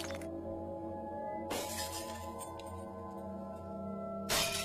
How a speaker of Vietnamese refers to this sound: Trong bóng tối, ông Hội dùng mình hất tung luôn cả cái mâm cơm, đổ vỡ loảng xoảng.